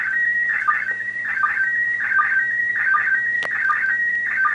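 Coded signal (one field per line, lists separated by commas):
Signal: SSTV (slow-scan television)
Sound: warbling, chirping tone around 1.5-2 kHz, broken by short low blips every half second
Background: mains hum, radio static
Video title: SSTV from ISS 12.04.2016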